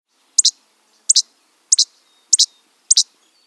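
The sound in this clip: Least flycatcher song, five dry two-part che-bek notes repeated rapidly, roughly every 0.6 seconds, in a quiet background.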